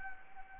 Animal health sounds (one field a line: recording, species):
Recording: mosquito wingbeat signal from an infrared sensor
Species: Anopheles arabiensis